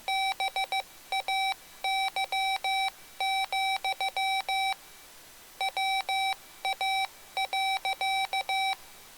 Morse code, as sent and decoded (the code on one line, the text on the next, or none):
-... .- -.-- --..-- / .-- .- .-.-.-
BAY, WA.